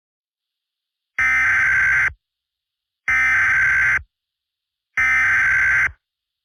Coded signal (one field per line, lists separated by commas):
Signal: Emergency Alert System (SAME) tones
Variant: header bursts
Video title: EAS Scenario 3: Buzz.exe